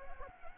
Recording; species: mosquito wingbeat signal from an infrared sensor; Anopheles arabiensis